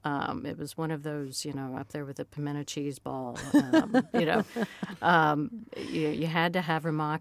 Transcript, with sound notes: It was one of those, you know, up there with pimiento cheese ball, you know.
(LAUGHTER)
You had to have Rumaki.